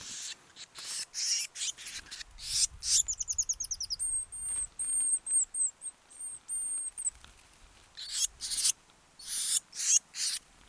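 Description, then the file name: Eurasian blue tit mixing harsh churr bursts with a quick buzzy trill and a string of thin, very high, level notes before churring again. "Cyanistes caeruleus"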